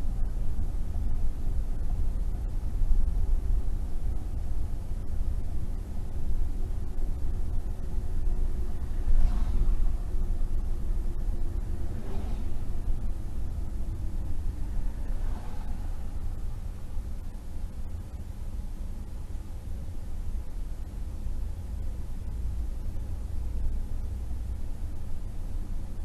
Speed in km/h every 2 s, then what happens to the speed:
35, 35, 37, 34, 32, 32, 29, 19, 13, 15, 16, 19, 21.
0-10 steady at about 34. 10-16 slows to 13. 16-26 speeds up to 21.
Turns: none.